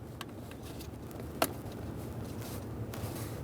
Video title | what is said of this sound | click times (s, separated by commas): How to Replace Brake Light Switch 2007-2013 Acura MDX | listen for a click from each of them as you continue on | 0.2 s, 1.4 s